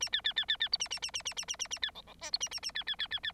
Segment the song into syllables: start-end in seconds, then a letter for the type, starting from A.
0.00-0.10 A, 0.12-0.21 B, 0.24-0.34 B, 0.36-0.45 B, 0.48-0.57 B, 0.60-0.69 B, 0.72-0.78 C, 0.80-0.88 A, 0.90-1.00 A, 1.02-1.11 A, 1.13-1.23 A, 1.25-1.34 A, 1.36-1.45 A, 1.48-1.56 A, 1.59-1.68 A, 1.70-1.79 A, 1.82-1.91 B, 1.95-2.02 D, 2.07-2.14 D, 2.21-2.31 E, 2.32-2.38 C, 2.40-2.49 A, 2.51-2.60 A, 2.62-2.72 A, 2.75-2.84 B, 2.86-2.96 B, 2.98-3.08 B, 3.10-3.19 B, 3.23-3.32 B